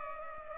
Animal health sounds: mosquito wingbeat signal from an infrared sensor; Culex pipiens

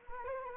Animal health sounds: mosquito wingbeat signal from an infrared sensor; Anopheles arabiensis

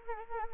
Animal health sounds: mosquito wingbeat signal from an infrared sensor; Anopheles arabiensis

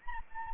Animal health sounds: mosquito wingbeat signal from an infrared sensor; Anopheles arabiensis

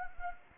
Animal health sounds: mosquito wingbeat signal from an infrared sensor; Anopheles gambiae

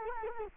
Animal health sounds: mosquito wingbeat signal from an infrared sensor; Culex quinquefasciatus

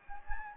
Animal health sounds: mosquito wingbeat signal from an infrared sensor; Anopheles gambiae

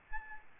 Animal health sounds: mosquito wingbeat signal from an infrared sensor; Aedes albopictus

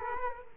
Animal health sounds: mosquito wingbeat signal from an infrared sensor; Culex quinquefasciatus

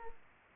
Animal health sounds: mosquito wingbeat signal from an infrared sensor; Culex pipiens

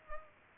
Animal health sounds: mosquito wingbeat signal from an infrared sensor; Culex pipiens

